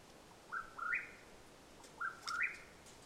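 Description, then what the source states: Mexican whip-poor-will giving two burry rising phrases about one and a half seconds apart, with faint high ticking in the background. Call at nightfall in Madera Canyon, Arizona, USA, 21 April 2022.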